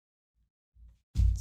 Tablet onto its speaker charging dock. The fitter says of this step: so was just a nice magnetic little click there